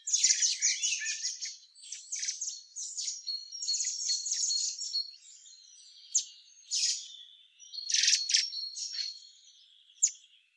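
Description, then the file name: Eurasian blackbird producing a dense burst of high chattering notes at first, then spaced sharp chirps and thin whistles toward the end. "Turdus merula"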